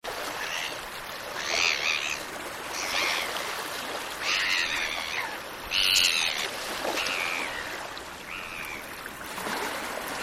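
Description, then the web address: Gulls calling: harsh, wailing cries in separate bursts every second or two, over a continuous wash of gentle sea waves. With calm sea waves. "calm waves and sea gulls"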